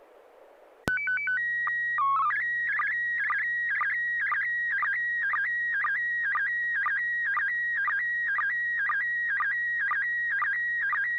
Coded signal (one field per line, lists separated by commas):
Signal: SSTV (slow-scan television)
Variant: PD 120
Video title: N6NA SSTV Net - 01/07/2026